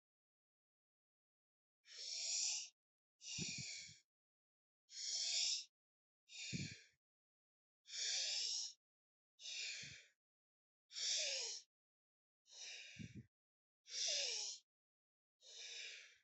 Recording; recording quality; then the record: deep breathing; excellent, no background noise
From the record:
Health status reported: healthy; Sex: male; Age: 28 years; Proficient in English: yes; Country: India